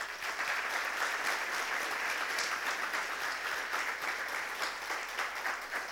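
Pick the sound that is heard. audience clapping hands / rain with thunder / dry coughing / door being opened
audience clapping hands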